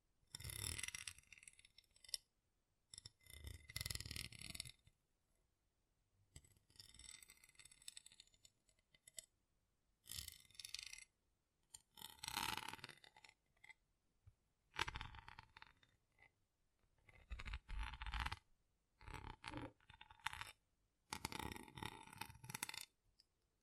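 Rough brain cleaning and picking: wet, squelchy bursts come in short irregular clumps, each a second or two long, separated by brief silences. The bursts mix low, gurgling squishes with bright, crackly clicks and tearing, some ending in sharp snaps.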